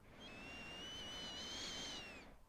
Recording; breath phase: one breath near a microphone; inhalation